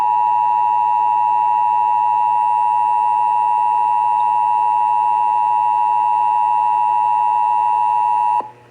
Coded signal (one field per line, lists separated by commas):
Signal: Emergency Alert System (SAME) tones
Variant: 853 and 960 Hz attention tone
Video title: (EAS #621) Severe Thunderstorm Warning (WBAP-AM)